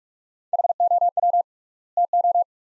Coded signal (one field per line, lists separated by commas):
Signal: Morse code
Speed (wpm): 46 wpm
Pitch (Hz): 700 Hz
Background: none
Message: HOW TO